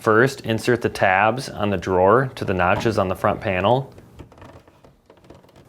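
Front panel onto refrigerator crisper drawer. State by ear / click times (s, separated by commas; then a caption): not seated / none. Someone talks while fitting the front panel (part WPW10688114) onto a Whirlpool refrigerator crisper drawer, lining up and inserting the plastic drawer tabs into the notches on the front panel before pushing it home. After the talking, only light, faint handling ticks and taps are heard from about 4.2 to 5.1 s. Nothing has seated or clicked yet.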